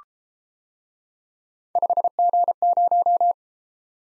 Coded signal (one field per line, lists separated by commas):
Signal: Morse code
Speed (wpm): 33 wpm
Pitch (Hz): 700 Hz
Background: none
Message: 5G0